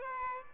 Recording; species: mosquito wingbeat signal from an infrared sensor; Aedes albopictus